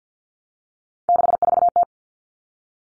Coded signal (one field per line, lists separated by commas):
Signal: Morse code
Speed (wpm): 50 wpm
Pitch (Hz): 700 Hz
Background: none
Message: 64T